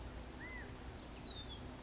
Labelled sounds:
California Quail (Callipepla californica)
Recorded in Sonoma County, California

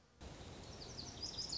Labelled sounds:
Lazuli Bunting (Passerina amoena)
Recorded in Sonoma County, California

